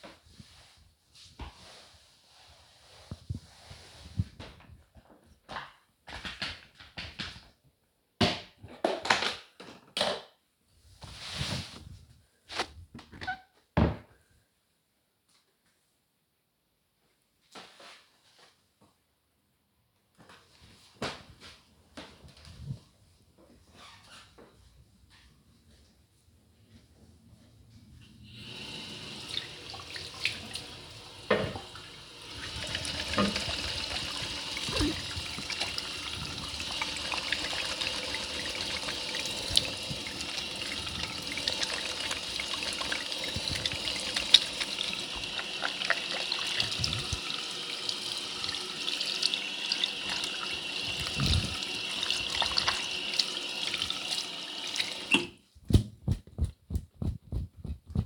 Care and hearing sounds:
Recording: household activities, microphone on the right wrist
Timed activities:
0.00-14.23 s: floor cleaning
28.30-58.06 s: washing hands

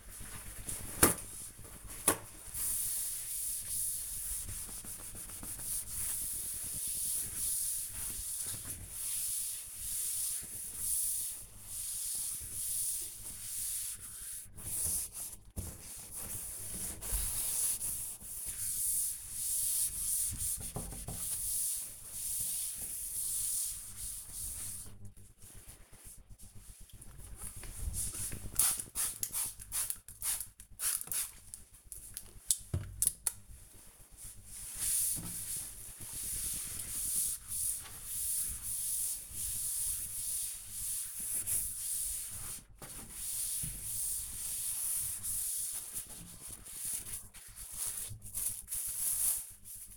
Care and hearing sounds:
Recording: household activities, microphone on the right wrist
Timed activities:
0.00-49.97 s: cleaning door

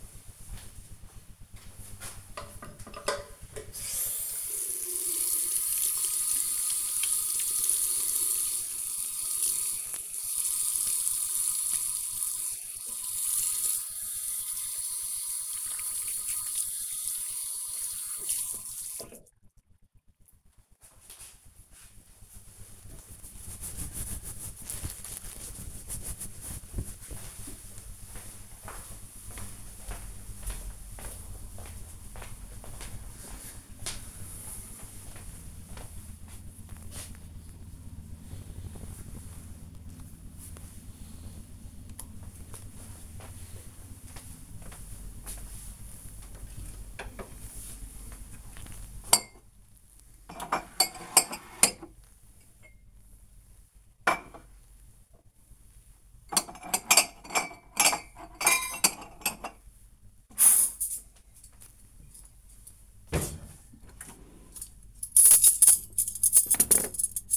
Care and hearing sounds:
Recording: household activities, microphone on the right wrist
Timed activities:
0.58-19.68 s: washing hands
45.86-67.37 s: putting away the dishes

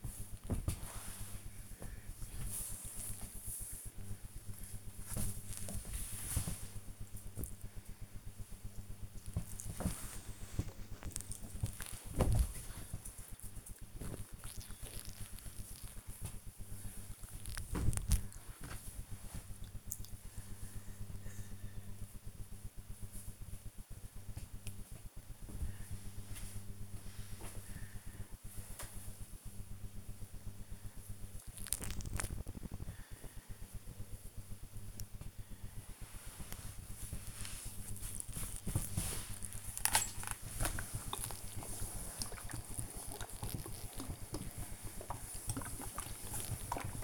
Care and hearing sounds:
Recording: household activities, microphone on the right wrist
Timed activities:
0.00-4.46 s: folding laundry
9.51-47.04 s: ironing laundry

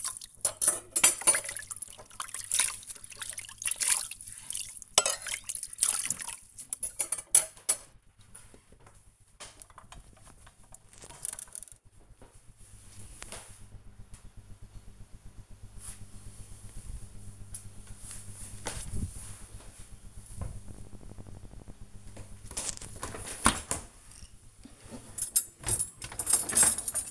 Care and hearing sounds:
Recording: household activities, microphone on the right wrist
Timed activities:
0.00-9.02 s: washing dishes
21.11-27.11 s: cleaning out the dishwasher

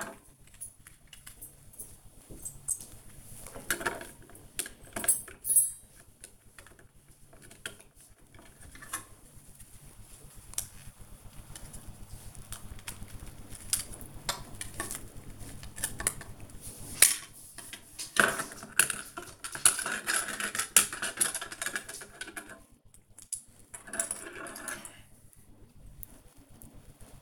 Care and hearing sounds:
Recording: household activities, microphone on the right wrist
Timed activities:
0.00-27.21 s: building with lego

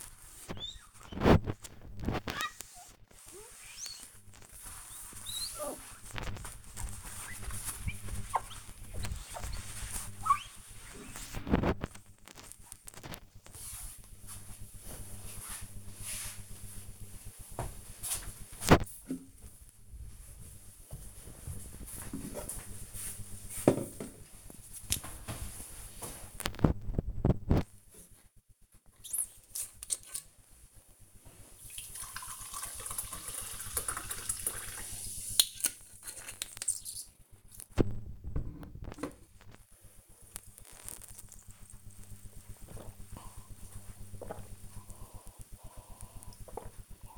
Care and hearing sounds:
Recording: household activities, microphone on the right wrist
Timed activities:
0.00-12.81 s: window cleaning
27.88-47.18 s: drinking

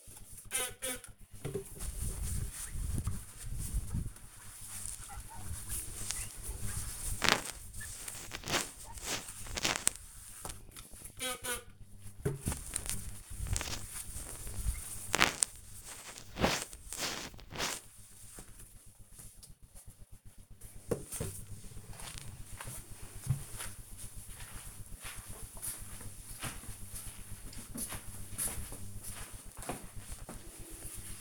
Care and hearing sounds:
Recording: household activities, microphone on the right wrist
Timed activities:
0.00-20.54 s: window cleaning
28.62-31.21 s: cream hands

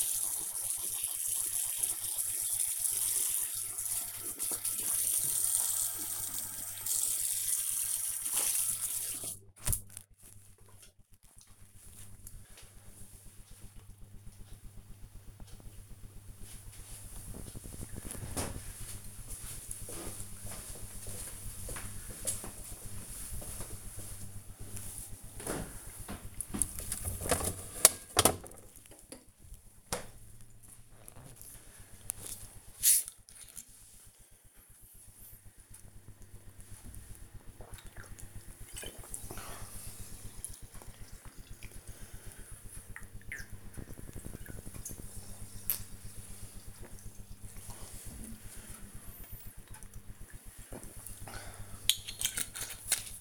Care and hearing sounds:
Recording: household activities, microphone on the right wrist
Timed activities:
0.00-8.38 s: brushing teeth
30.47-51.60 s: drinking

